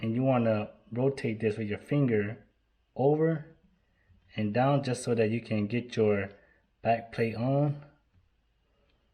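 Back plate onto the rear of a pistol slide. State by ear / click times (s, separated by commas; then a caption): not seated / none. Someone talks while handling a Sig Sauer P365 slide, rotating a part with a finger to make room for the metal back plate that goes onto the rear of the slide over the striker safety and firing pin. Only speech is heard, and the back plate has not yet snapped into place.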